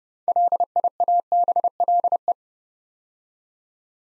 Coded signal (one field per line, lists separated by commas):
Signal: Morse code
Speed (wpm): 30 wpm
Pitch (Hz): 700 Hz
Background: none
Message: LIABLE